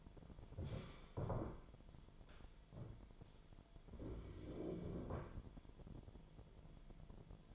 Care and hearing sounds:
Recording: daily activity, microphone in the room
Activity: stand up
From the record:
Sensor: 5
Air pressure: 998.7 hPa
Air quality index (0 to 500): 93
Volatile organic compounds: 2 ppm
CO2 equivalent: 1072 ppm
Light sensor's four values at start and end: 31/75/31/35 and 31/75/31/35

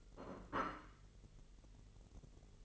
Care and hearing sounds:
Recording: daily activity, microphone in the room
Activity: place plate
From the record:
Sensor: 4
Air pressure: 1002.9 hPa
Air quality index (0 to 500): 246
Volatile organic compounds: 19 ppm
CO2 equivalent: 2668 ppm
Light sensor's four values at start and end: 5/12/4/5 and 5/12/4/5

